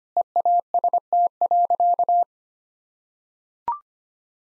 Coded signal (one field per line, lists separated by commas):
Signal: Morse code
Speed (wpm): 25 wpm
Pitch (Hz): 700 Hz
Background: none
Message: EAST.